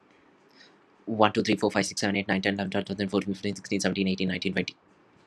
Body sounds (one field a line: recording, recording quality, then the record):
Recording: counting at a fast pace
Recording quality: excellent, no background noise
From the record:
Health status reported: exposed to COVID-19, no respiratory illness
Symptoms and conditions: none ticked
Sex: male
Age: 29 years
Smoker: not ticked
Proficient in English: yes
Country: India